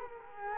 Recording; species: mosquito wingbeat signal from an infrared sensor; Culex quinquefasciatus